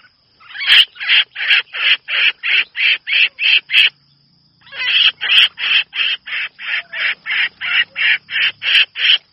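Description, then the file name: Red-whiskered bulbul distress call: two bursts of harsh, scratchy notes repeated quickly, separated by a short silence. Distress call; the bird is calling for help. "Tieng chao mao keu cuu"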